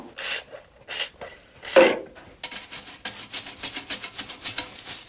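A toilet brush scrubs a bowl: a few separate rough, hissing strokes, then a quick, steady run of rapid back-and-forth brushing, fairly loud and bright, with no one talking.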